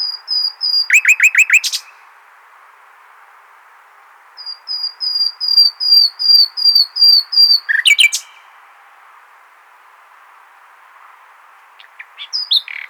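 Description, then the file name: Common nightingale song phrases: a quick trill, then a series of high, thin whistled notes repeated evenly, ending in a harsh chattering burst. "Luscinia megarhynchos"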